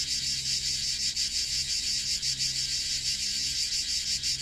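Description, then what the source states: Cicadas, a loud grating buzz with gentle pulsing, over a quiet low hum. Cicada song in Provence, used as a focus for mindful attention during a guided siesta meditation.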